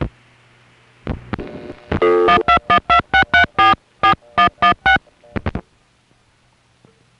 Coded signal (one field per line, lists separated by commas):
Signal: DTMF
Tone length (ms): 110 ms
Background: music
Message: 12126344116